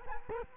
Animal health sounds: mosquito wingbeat signal from an infrared sensor; Culex quinquefasciatus

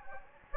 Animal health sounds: mosquito wingbeat signal from an infrared sensor; Anopheles gambiae

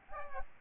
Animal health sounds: mosquito wingbeat signal from an infrared sensor; Aedes aegypti

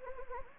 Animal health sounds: mosquito wingbeat signal from an infrared sensor; Anopheles gambiae

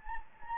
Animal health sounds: mosquito wingbeat signal from an infrared sensor; Anopheles gambiae

